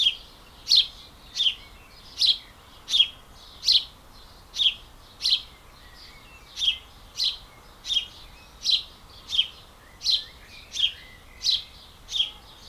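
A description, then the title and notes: A bird repeats a sharp, bright chirp at a steady pace, about every half second to second, with fainter birds twittering behind. We play part of a recording from Brian, of the Dawn Chorus from May 2020.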